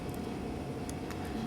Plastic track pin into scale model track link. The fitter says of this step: it just snaps right in as it should intentionally so basically do the exact same thing